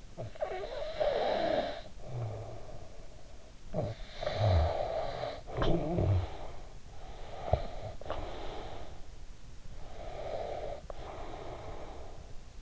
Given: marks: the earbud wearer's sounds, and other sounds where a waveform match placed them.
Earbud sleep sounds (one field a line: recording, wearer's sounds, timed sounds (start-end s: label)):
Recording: sounds in sleep by an in-ear microphone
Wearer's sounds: snoring breath, breath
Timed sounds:
0.00-6.80 s: snoring breath
6.80-9.37 s: breath
9.51-12.62 s: breath